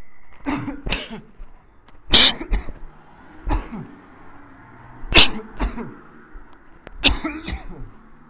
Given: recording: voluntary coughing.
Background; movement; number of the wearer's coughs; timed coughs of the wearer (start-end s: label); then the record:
traffic; walking; 9
0.45-0.78 s: cough
0.88-1.19 s: cough
2.10-2.51 s: cough
2.51-2.90 s: cough
3.48-3.95 s: cough
5.13-5.57 s: cough
5.57-5.93 s: cough
7.03-7.45 s: cough
7.45-7.84 s: cough
From the record:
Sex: male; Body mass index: 20.6 kg/m2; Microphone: on the chest, facing the body